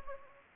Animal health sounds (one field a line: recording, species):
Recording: mosquito wingbeat signal from an infrared sensor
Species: Anopheles gambiae